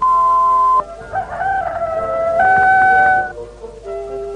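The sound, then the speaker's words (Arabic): A rooster crows loudly in one long, strained cock-a-doodle-doo, its harsh, harmonic call rising and wavering in pitch before trailing off, with no talking. “ولهذا أنا أصيح بأعلى ما يمكنني، وأنا لا أزال قادرا على الصياح”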